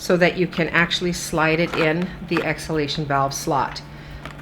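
Someone talks while a plastic expiratory valve is handled at the exhalation valve slot of a Hamilton ventilator, ready to be slid in with a hard push. Faint handling sounds come near the end of the clip, but nothing has seated or clicked yet.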